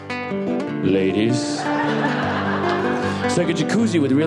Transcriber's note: soundbite of laughter